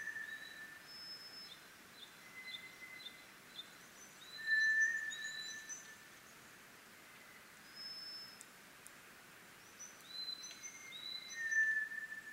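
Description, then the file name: White's thrush giving single sustained whistles several seconds apart, one loud in the middle and one near the end; other birds chirp and twitter higher up throughout. Recorded 24 April 2010 at 04:32. "toratugumi - 20100424-0432"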